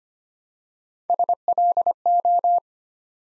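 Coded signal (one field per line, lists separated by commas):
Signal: Morse code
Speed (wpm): 25 wpm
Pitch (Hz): 700 Hz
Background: none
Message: SLO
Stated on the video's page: Morse code practice set building 4-letter words one letter at a time at 25 wpm, for beginners moving to instant character recognition.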